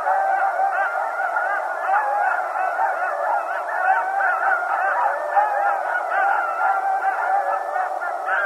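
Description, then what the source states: Coyote chorus of many overlapping yips and wavering howls, a steady tangle of high quavering cries throughout. Several coyotes, recorded 15 January 2012.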